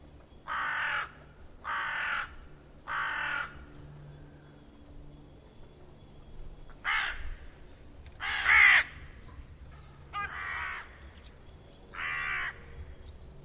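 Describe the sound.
Bird calling with loud, raspy caws, a run of three, then after a pause four more spaced irregularly.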